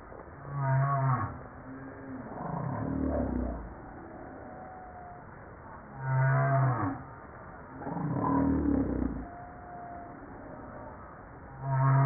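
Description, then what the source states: Humpback whale song with low hummed moans trading off with broad downward groans, the pair recurring about every five to six seconds. Recorded 5 March 1994.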